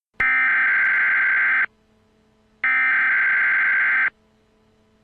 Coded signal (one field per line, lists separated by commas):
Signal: Emergency Alert System (SAME) tones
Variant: header bursts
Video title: Emergency Alert System: September 11th, 2001